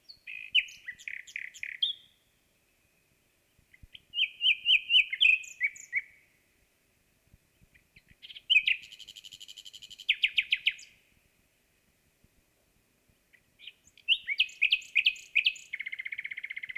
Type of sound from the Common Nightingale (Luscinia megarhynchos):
song